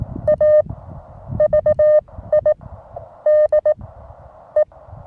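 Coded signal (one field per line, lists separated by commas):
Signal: Morse code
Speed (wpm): 20 wpm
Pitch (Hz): 610 Hz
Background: none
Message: AVIDE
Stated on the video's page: Morse from a tiny Weber MTR radio operated in hills near Marseille, with a 6m wire antenna, 9:1 UNUN and T1 tuner.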